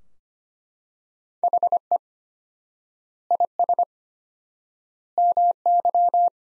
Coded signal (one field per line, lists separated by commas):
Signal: Morse code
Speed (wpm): 25 wpm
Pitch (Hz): 700 Hz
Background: none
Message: HE IS MY